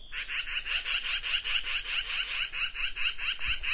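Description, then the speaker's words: Magpie chattering, a fast run of harsh rasping notes repeated steadily throughout. A sound heard near home in Juneau only in winter, fading away as the varied thrush and junco arrive. "There's sounds that I only hear in the winter, like this magpie."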